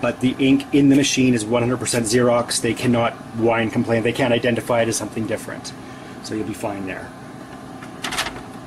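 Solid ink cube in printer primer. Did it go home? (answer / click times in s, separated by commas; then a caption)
no / none. A solid ink cube is being handled at the primer of a Xerox ColorQube 8570/8580 printer while someone talks through most of the clip. A brief sharp transient rises near 8.1 s, but nothing has seated or clicked yet; the cube is not yet home.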